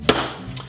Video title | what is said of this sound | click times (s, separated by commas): Hudson H9 Aluminum Frame Install | and then it'll click into place just like that | 0.1 s